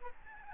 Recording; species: mosquito wingbeat signal from an infrared sensor; Aedes albopictus